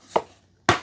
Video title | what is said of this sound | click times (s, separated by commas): WORX 20V Cordless String Trimmer UNBOXING / Review / How To Setup Assemble Unit | there. Both sides need to click into place. | 0.7 s